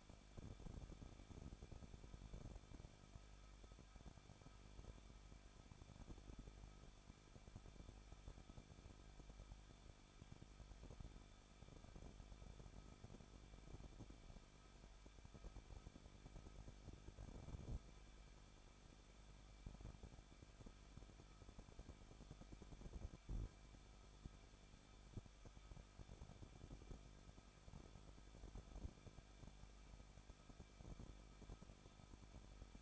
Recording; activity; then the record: daily activity, microphone in the room; no activity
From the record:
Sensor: 5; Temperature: 20.8 degrees Celsius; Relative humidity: 38.2%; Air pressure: 1006.7 hPa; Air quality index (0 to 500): 185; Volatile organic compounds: 17 ppm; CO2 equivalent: 2578 ppm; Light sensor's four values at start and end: 2/3/1/1 and 2/3/1/1